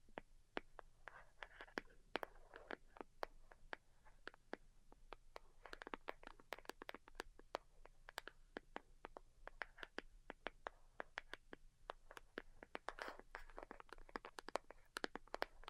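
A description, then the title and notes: Delicate tapping goes on throughout: quick, sharp little taps arriving in irregular bursts, sometimes several per second, with brief gaps between clusters. The clicks are bright and crisp, over a faint, steady low hum with soft rustling or scratching between taps. ASMR DELICATE Tapping for Sleep (No Talking).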